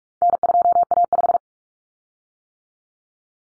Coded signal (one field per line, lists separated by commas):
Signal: Morse code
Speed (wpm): 44 wpm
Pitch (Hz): 700 Hz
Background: none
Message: N2A5